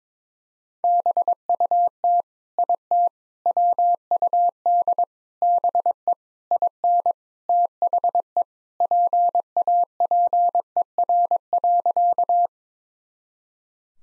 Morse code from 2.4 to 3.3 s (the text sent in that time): IT